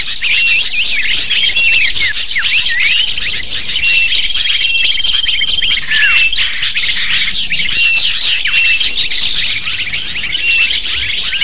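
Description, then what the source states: Lovebird flock calling, with many sharp, high-pitched chirps and squeaks tumbling over one another in a constant busy chatter. Lure used to attract lovebirds.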